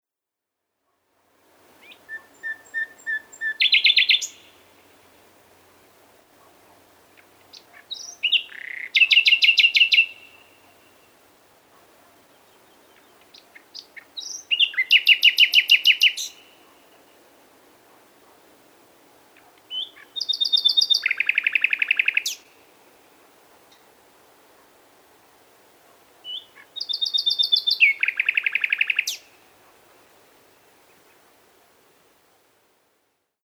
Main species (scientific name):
Luscinia megarhynchos